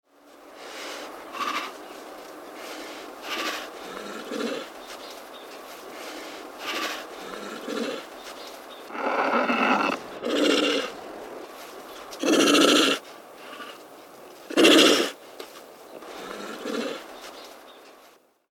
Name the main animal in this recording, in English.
Tiger